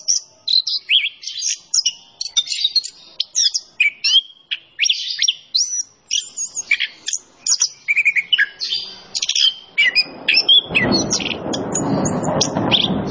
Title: Anis Kembang Gacor. Kicau Mania Masteran Anis Kembang ORIGINAL